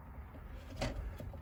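A fuel line grommet on an Echo SRM-210 trimmer is pushed into its carburetor/tank fitting while the carburetor is being refitted. Over a low background hum there is a single dull hit at 0.8 s, after which the grommet is seated.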